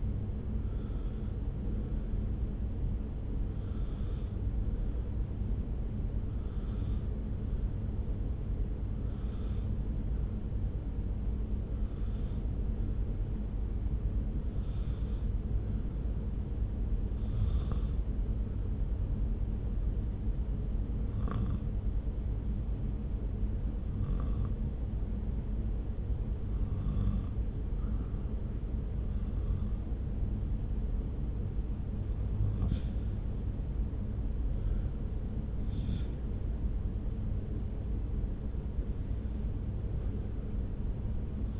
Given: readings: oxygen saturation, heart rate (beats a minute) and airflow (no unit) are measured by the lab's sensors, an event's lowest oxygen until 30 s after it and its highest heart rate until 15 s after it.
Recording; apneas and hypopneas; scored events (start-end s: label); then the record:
breathing in sleep by a smartphone at the bedside; 1
5.00-33.50 s: hypopnea (N2, oxygen 97% highest, then 91% lowest)
5.00-41.59 s: new sleep stage, N1 (lightest sleep)
From the record:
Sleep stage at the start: N2 (light sleep); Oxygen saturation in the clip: 77 to 97%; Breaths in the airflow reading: 8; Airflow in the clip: -1.5 to 2.6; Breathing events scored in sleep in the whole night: 335 in 6.7 hours asleep